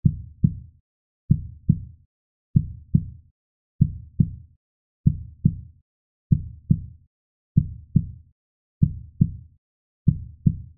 Medical Heart Beat Normal.